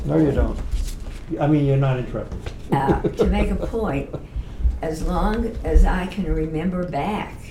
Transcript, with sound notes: No, you don’t—I mean, you’re not interrupting. [laughter]
To make a point. As long as I can remember back,